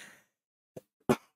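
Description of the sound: A single short, sharp cough or throat-clearing burst from an adult man with a respiratory infection, his voice going, with a faint click before it.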